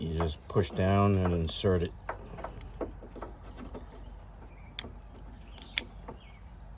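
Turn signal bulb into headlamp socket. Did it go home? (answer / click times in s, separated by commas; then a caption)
yes / 5.8 s. A new 3157 wedge turn signal bulb is pushed down into the front turn signal socket in the headlamp of a 2006 Chevy Cobalt while someone talks. A few soft handling knocks follow, then a sharp click at 5.8 s as the bulb seats in the socket.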